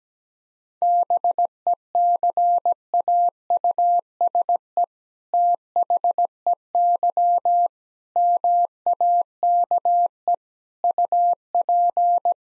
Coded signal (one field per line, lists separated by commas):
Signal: Morse code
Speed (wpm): 17 wpm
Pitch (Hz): 700 Hz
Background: none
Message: BECAUSE THEY MAKE UP